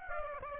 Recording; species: mosquito wingbeat signal from an infrared sensor; Aedes aegypti